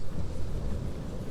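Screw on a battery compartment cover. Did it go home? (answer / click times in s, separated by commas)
no / none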